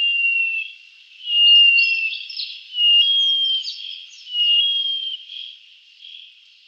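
Black-eared cuckoo giving long, thin, slightly falling whistles, repeated about every one and a half seconds.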